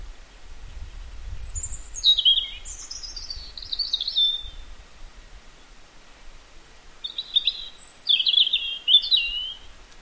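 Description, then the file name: European robin singing two high, thin phrases of slurred notes and quick twitters, separated by a quiet gap, with light low rumble. "Erithacus rubecula"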